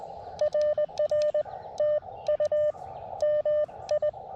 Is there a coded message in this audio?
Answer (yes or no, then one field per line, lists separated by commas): yes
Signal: Morse code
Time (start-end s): 0.4-4.1 s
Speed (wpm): 20 wpm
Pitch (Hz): 600 Hz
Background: none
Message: RR TU MI